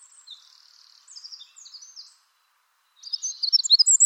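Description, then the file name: Eurasian wren calling with short, very high, thin chirps and trilled notes in two bursts, separated by a brief silence, ending in a louder jumble. "Troglodytes troglodytes"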